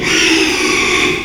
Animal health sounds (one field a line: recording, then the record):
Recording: squeal of a Yucatan mini pig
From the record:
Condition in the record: after surgery on the right vocal fold (resection and tissue-engineered implant)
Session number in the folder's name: 1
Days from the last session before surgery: 6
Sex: male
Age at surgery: 12 weeks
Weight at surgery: 13 kg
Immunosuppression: cyclosporine, prednisolone